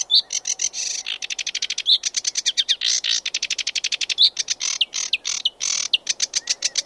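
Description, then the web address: Sedge warbler singing a hurried, varied song of rapid chattering trills mixed with sharp whistled notes and short harsh buzzes. "BBC Warblers"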